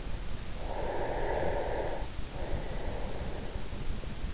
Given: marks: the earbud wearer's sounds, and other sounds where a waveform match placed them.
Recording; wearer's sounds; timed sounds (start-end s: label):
sounds in sleep by an in-ear microphone; breath
0.65-3.76 s: breath